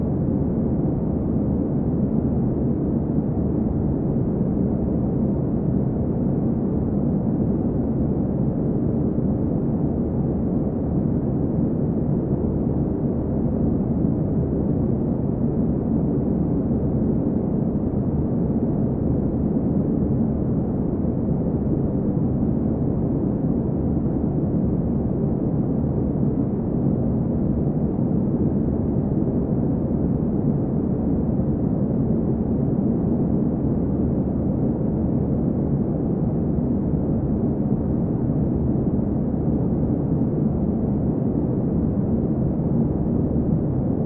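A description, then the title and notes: Steady white noise with a muffled, deep character: a dense, even rush weighted toward the low end, with nothing above a soft upper hiss. It holds the same level throughout, with no breaks, swells or separate events. White Noise.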